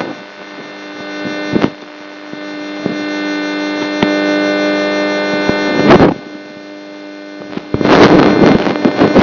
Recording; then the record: brain microelectrode recording played as sound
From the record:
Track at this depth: outside the subthalamic nucleus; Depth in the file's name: 0.001 mm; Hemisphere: left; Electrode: 2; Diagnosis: Parkinson's disease